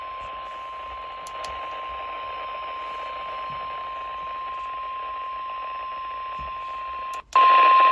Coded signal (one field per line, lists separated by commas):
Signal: Emergency Alert System (SAME) tones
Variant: 1050 Hz attention tone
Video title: KXI93 Severe Thunderstorm Warning. 6/9/25 EAS #434